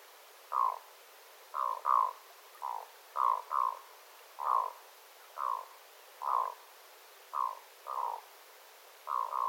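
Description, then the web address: Black-throated loon calls: repeated short, rough croaking notes, often paired. Adult loons, several birds, recorded 9 September 2025. "paivat 9 9 2025 aikuisten kuikkien aantelya aika hyva"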